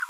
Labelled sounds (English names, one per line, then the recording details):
Green-rumped Parrotlet babbling
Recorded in a nest box in Venezuela
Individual 18B25A4